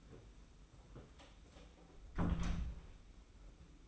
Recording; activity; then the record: daily activity, microphone in the room; close door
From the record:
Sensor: 1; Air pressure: 991.6 hPa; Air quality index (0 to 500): 132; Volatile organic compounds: 440 ppm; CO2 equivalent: 4735 ppm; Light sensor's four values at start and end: 35/112/44/45 and 35/112/44/45